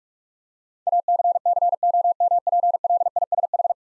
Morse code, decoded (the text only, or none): ACCOMPLISH